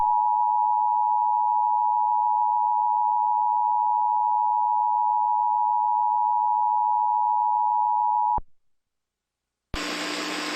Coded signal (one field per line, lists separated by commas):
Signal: Emergency Alert System (SAME) tones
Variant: 853 and 960 Hz attention tone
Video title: 2014 Limestone/Madison County Tornado EMERGENCY - EAS Re-Construction.